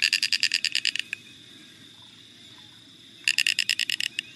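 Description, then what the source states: Snail Kite calls, a fast series of rapid clicking, rattling notes in two bursts separated by a quiet gap of about two seconds. Snail kite; in the United States found only in South Florida's Everglades wetland; feeds only on apple snails; endangered in the Everglades.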